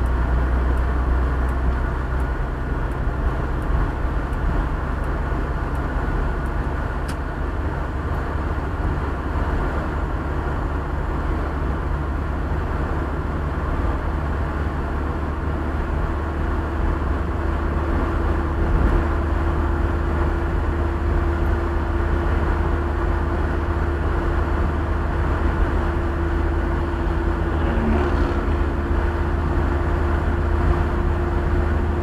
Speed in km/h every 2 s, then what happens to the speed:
61, 64, 66, 69, 70, 70, 71, 72, 73, 74, 76, 77, 77, 76, 76, 77.
0-7 speeds up to 70. 7-32 steady at about 74.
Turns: none.